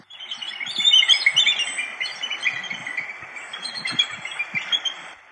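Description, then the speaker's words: Bald eagles chittering, a dense stream of high, rapid squeaky chirps and twitters overlapping continuously from several birds. A group of probably younger eagles calling to each other at a preserve near Haines, Alaska; chittering and chatting unlike the movie eagle sound. "I think it's likely that these were younger bald eagles, and they're just chittering and chatting away at each other."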